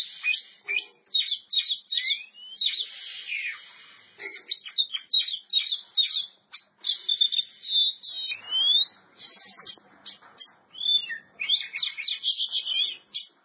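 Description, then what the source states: Oriental magpie-robin song of rapid staccato ticks, rising and falling whistled sweeps and short trills, repeated in lively bursts. Champion bird.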